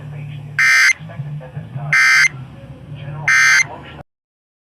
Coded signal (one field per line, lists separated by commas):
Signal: Emergency Alert System (SAME) tones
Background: speech